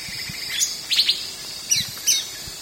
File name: cucak ranti-blue winged leafbird-chloropsis-cochinchinensis